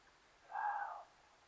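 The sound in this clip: Water deer call: one brief, clear whistled squeal lasting roughly half a second, level in pitch, with quiet background.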